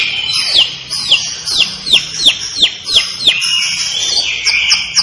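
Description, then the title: Long-tailed shrike song: loud whistled notes sweeping sharply downward, repeated roughly every third of a second, over a thin high whistle and ending in quick chips. Described as gacor. "Cendet Gacor"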